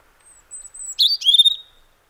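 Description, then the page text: European robin singing: a faint, very high thin whistle, then a short burst of sweet warbled notes ending in a sustained twitter. "European Robin Song. Quick Sounds"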